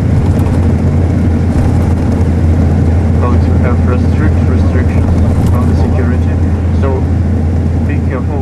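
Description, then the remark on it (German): A steady low engine drone and rumble fills a bus ride to Radon, with a constant hum underneath and a murmur of people talking over it throughout; about 30 people are aboard, including nuclear plant and nuclear waste workers and six journalists. “Im Bus, der uns zu Radon bringt, sitzen etwa 30 Menschen.”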